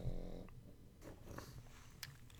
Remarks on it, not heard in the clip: The snoring that you hear in the background. She needs to be curled up right next to me. It's my pug, one of my two pugs, making her presence known.